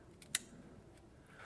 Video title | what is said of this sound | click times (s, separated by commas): VW Golf R Radiator Replacement DIY (2022-Present Volkswagen Mk8 Golf R, GTI) | Once we hear that audible click and that connector is not coming out, we can start putting our intercooler hoses back on. | 0.4 s